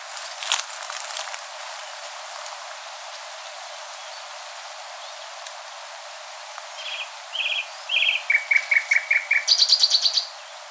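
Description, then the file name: Common nightingale song: a few sharp clicks, quiet spell, then three short whistled notes leading into a rapid repeated chirping run and a high buzzy trill near the end. "Luscinia megarhynchos"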